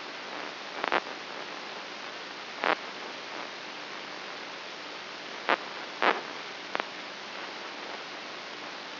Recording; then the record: brain microelectrode recording played as sound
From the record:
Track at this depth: inside the subthalamic nucleus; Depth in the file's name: 5.84 mm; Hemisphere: right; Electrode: 2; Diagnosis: Parkinson's disease